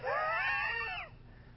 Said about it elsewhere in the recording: Expiratory wheezes when a person breathes out. If a person's got bad wheezing, you can actually hear it without a stethoscope.